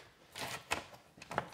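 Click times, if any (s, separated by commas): 1.4 s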